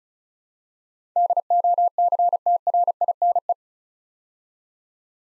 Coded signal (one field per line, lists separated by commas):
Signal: Morse code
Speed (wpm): 36 wpm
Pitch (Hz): 700 Hz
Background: none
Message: DOCTRINE